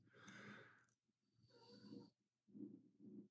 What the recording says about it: Can you hear my dog snoring in the background?